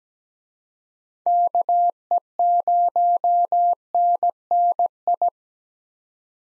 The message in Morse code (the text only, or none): KE0NNI